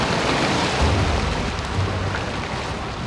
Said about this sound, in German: Das Eintauchen des mächtigen Körpers hat das Wasser im Hafen über die Ufer treten lassen.